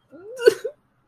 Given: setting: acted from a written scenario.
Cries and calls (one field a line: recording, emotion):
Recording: vocal sound without words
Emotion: shame